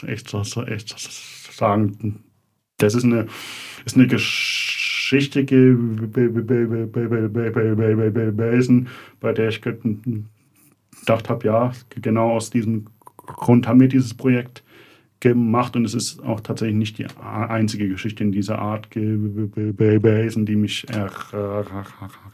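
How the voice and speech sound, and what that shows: An adult man speaks German at a low pitch with frequent breaks. Rapid repeated 'b' sounds run up to about ten times before a word, with stretched sounds and silent pauses. These part-word repetitions and prolongations are typical of stuttering, which remains clearly audible.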